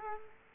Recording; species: mosquito wingbeat signal from an infrared sensor; Culex quinquefasciatus